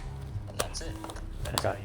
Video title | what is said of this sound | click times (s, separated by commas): High Altitude Insertion Pt. 1 - MAX GAIN | Hear that positive click? That's it. | 0.6 s